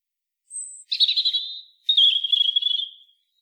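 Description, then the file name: European robin song: one thin, very high whistle followed by two long, fluttering warbled phrases in a middle-high pitch, on a clean quiet background. "Erithacus rubecula"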